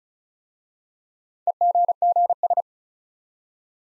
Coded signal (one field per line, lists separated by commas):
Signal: Morse code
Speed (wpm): 36 wpm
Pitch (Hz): 700 Hz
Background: none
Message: EGGS